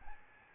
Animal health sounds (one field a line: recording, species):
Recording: mosquito wingbeat signal from an infrared sensor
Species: Aedes albopictus